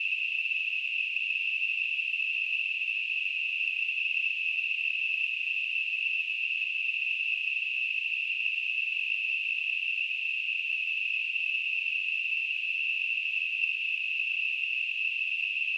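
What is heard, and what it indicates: Simulated tinnitus: a steady, unbroken high-pitched narrowband hiss centred near 2.7 kHz, with fainter energy reaching toward 8 kHz and nothing in the low range, holding a constant level throughout.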